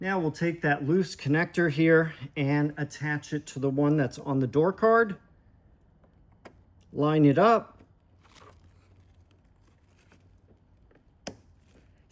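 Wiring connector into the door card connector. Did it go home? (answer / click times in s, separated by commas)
yes / 11.3 s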